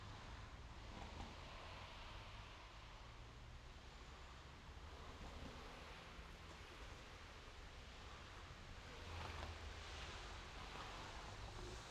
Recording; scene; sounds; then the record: everyday scene through a hearing-aid microphone; in traffic; traffic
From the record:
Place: main road on the outskirts, rush hour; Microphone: in the ear canal, left